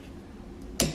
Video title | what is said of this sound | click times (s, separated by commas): 2014-2019 Kia Soul - Front Wiper Blades Replacement | toward the front of the car until it makes a little snap noise and then it's it's locked into place and then | 0.8 s